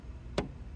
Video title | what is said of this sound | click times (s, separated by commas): Honda Odyssey Gen 4 11-17 Mirror Cover (2012 EX) | and you'll feel it click and that means you're actually in the old threads and that way | 0.4 s